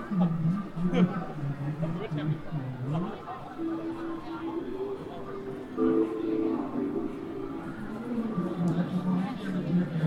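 A crowd at Hongyadong in Chongqing: many voices talk at once, with a man's voice rising above the chatter now and then. The murmur stays dense and steady for the whole ten seconds, over a constant low rumble, with scattered brief clicks and knocks.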